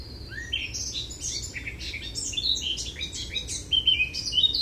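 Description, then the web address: Eurasian blackcap warbling continuously in a dense jumble of quick high notes, some sweeping upward, others clear and whistled. "SETE data Sylvia atricapilla"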